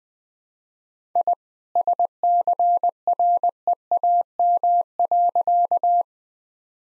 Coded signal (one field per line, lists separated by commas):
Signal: Morse code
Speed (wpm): 20 wpm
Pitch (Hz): 700 Hz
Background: none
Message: I SCREAM.